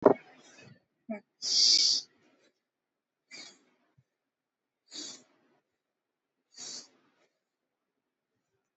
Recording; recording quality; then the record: shallow breathing; excellent, no background noise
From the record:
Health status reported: COVID-19 positive, mild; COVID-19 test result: positive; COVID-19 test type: RT-PCR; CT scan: taken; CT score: 5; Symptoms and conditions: cough, cold, muscle pain, ischaemic heart disease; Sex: male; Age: 76 years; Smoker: no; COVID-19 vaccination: both doses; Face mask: not worn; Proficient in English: yes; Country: India